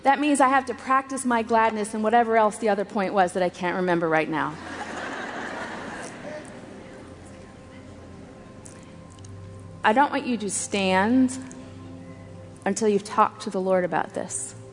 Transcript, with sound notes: That means I have to practice my gladness, and whatever else the other point was that I can’t remember right now. (laughter) I don’t want you to stand until you’ve talked to the Lord about this.